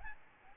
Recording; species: mosquito wingbeat signal from an infrared sensor; Aedes albopictus